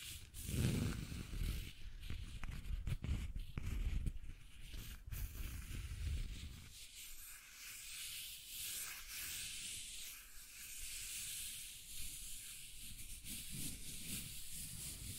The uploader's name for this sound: Scratching and Tracing Sounds